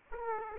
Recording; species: mosquito wingbeat signal from an infrared sensor; Aedes aegypti